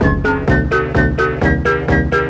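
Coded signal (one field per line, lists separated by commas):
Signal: none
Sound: electronic music beeps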